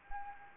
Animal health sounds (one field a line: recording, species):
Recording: mosquito wingbeat signal from an infrared sensor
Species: Anopheles gambiae